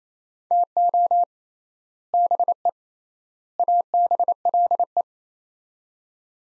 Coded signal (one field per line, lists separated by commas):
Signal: Morse code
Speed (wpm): 28 wpm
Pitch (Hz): 700 Hz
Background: none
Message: TO BE ABLE